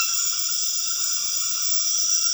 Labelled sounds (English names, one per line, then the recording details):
none
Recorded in dense forest near Puerto Asís, Putumayo, Colombia, on 4 March 2025 at 21:00
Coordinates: 0.481, -76.323
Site G088